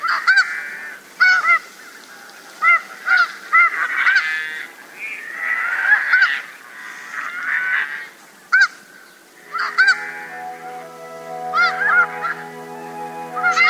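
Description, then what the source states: Snow goose: snow geese honking in a busy chorus, many short nasal yelps overlapping, with a low steady droning hum entering partway through. Tokachi Plain, Hokkaido, Japan.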